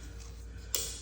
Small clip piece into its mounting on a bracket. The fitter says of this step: in like that he that click